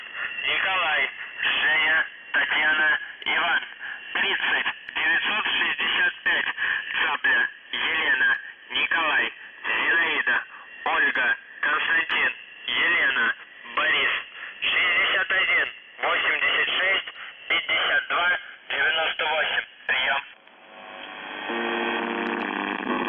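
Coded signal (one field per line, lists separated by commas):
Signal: numbers station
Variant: UVB-76, Russian voice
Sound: radio voice reading Russian words in short bursts, ending with a harsh droning buzz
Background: radio static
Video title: The Buzzer/UVB-76(4625Khz) May 24, 2021 Voice messages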